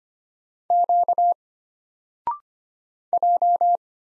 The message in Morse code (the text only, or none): Q J